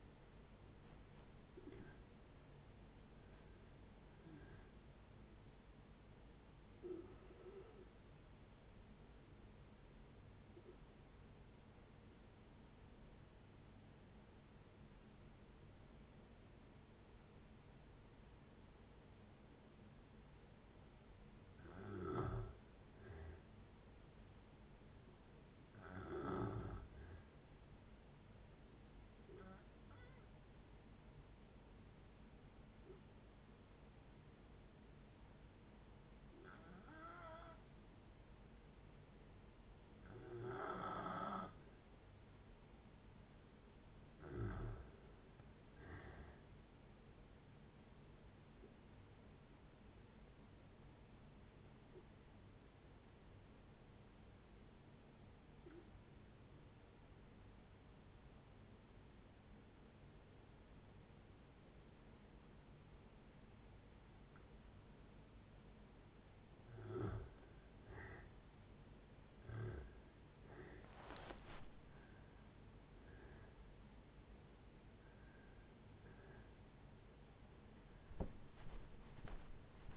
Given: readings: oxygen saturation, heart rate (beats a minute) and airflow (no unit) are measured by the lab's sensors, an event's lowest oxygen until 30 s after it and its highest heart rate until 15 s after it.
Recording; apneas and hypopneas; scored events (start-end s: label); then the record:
breathing in sleep by a voice recorder at the bedside; 3
6.00-20.90 s: hypopnea (N1, oxygen 96% highest, then 89% lowest)
21.00-79.97 s: new sleep stage, N2 (light sleep)
28.00-43.80 s: hypopnea (N2, oxygen 94% highest, then 88% lowest)
49.00-68.30 s: hypopnea (N2, oxygen 94% highest, then 85% lowest)
From the record:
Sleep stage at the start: N1 (lightest sleep); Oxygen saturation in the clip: 87 to 97%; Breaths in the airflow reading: 15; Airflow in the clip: -9.3 to 12.4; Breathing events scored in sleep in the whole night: 496 in 5.4 hours asleep